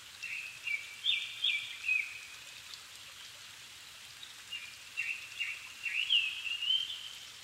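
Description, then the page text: Japanese thrush delivering fluty whistled phrases with quick slurred notes, two bouts of song separated by a brief pause, over a light background hiss. Recorded 7 May 2011 at 17:59, evening, at 270 m altitude, on a Sony PCM-D50 with Panasonic WM-61A microphones. "kurotugumi 20110507-1759. Turdus cardis"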